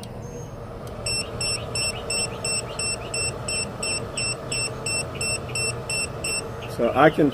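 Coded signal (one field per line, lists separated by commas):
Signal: none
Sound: radio's button beeps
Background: speech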